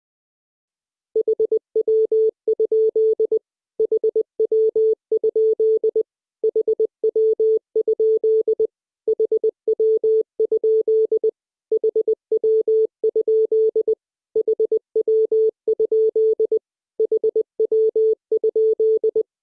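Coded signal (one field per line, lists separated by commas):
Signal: Morse code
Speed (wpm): 20 wpm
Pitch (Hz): 440 Hz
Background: none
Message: HW? HW? HW? HW? HW? HW? HW?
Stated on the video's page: Morse lesson drilling the abbreviation HW?, a rubber-stamp QSO phrase.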